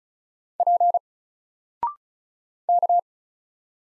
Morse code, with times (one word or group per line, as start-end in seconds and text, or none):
0.6-1.0 P
2.7-3.0 K